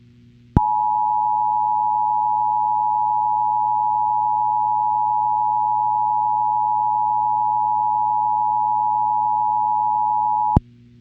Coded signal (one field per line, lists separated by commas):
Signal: Emergency Alert System (SAME) tones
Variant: 853 and 960 Hz attention tone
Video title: 2023 A Deadly Spring 2 [EAS Scenario]